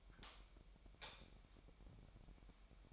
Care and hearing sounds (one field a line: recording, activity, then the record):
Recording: daily activity, microphone in the room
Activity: light off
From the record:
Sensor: 1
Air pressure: 1012.0 hPa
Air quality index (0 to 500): 234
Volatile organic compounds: 6 ppm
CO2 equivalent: 1865 ppm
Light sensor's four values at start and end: 17/48/19/21 and 14/33/14/16